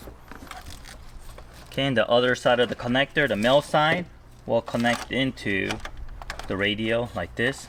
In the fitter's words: we have our main connector being connected to this large harness here. Just clips in like this.